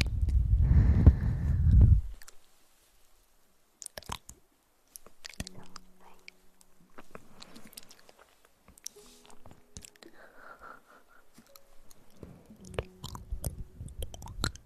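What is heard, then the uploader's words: Mouth sounds: a loud, low, blowing rumble fills the first two seconds, then gives way to scattered wet clicks, crunches and chewing noises. Faint low humming tones drift in and out, and the crunching grows busier toward the end. Mouth Sounds.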